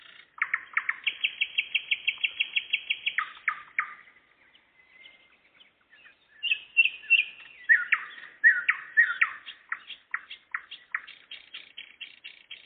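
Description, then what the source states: Nightingale song: a fast run of identical sharp notes lasting a few seconds, a quieter pause, then a varied sequence of loud chirps, slurs and quick repeated notes. Singing in the evening, 11 May 2014.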